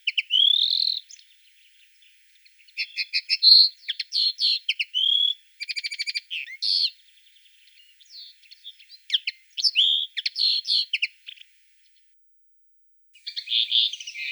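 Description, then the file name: Common linnet twitter: fast chattering notes, short rattles and twangy elements in several bursts, then a quiet gap before a final phrase. "Linaria cannabina"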